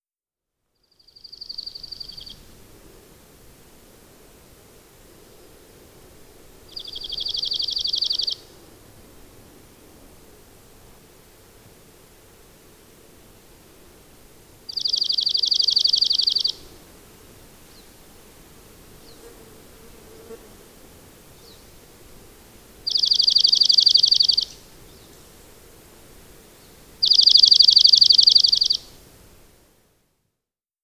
Dark-eyed Junco (Gray-headed subspecies) song recorded at Gem Lake in Rocky Mountain National Park.